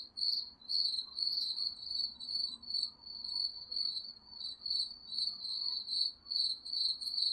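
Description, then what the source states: Crickets chirping in a steady high band, pulsing a little over twice a second, over a low background hiss. Crickets chirping at night.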